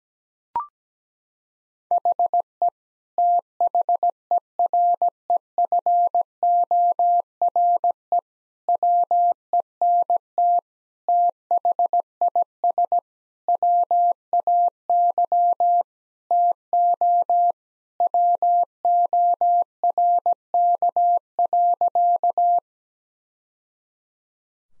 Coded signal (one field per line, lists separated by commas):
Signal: Morse code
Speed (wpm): 17 wpm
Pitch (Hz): 700 Hz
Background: none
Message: HE THEREFORE WENT THIS WAY TO WORK.